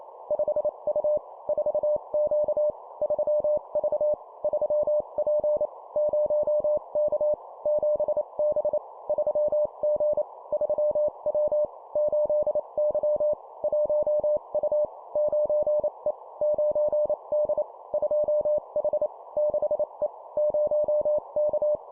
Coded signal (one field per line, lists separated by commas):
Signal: Morse code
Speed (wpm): 28 wpm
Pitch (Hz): 600 Hz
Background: none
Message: 5U 4Q 3V 3P 0K 7B 3G 3W 8Y 1U 9E 9D 2H 6E 0K